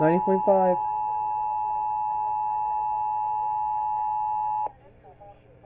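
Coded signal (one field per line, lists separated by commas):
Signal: Emergency Alert System (SAME) tones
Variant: 853 and 960 Hz attention tone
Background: speech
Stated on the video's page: Pennsylvania Required Monthly Test relayed on several radio stations, including 90.5, 100.7 and 99.1 FM.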